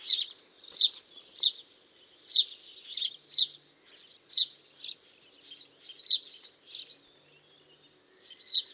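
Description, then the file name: House sparrow chirping, a steady stream of loud, sharp chirps repeated every fraction of a second, several overlapping as if more than one bird calls. "Passer domesticus"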